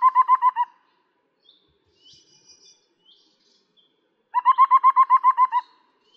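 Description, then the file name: Taiwan scimitar babbler calling: a fast run of mellow, hollow notes, a pause with faint thin high notes, then a longer run of about twelve quick repeated notes. "小彎嘴"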